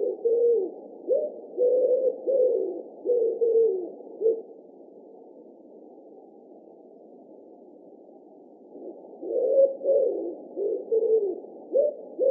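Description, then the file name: Common wood pigeon giving a rhythmic series of deep, muffled coos, a pause of several seconds, then the cooing phrase starting again. Recorded in Russia. "Pticy Rossii - Vyahir Columba palumbus"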